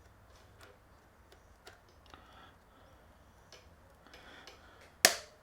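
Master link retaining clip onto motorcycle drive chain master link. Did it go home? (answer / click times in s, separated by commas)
yes / 5.1 s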